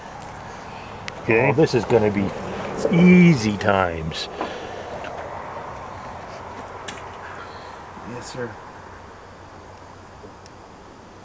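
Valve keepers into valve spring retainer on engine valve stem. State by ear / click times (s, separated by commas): seated / 10.5 s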